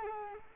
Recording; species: mosquito wingbeat signal from an infrared sensor; Culex quinquefasciatus